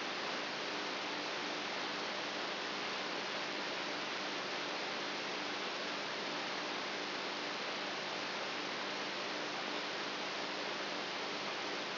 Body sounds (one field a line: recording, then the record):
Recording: brain microelectrode recording played as sound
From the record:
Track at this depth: inside the subthalamic nucleus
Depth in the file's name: 2.44 mm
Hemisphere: right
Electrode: 3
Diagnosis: Parkinson's disease